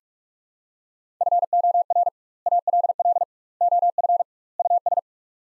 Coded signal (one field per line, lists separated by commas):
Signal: Morse code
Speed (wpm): 44 wpm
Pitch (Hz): 700 Hz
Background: none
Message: FOR ALL OF US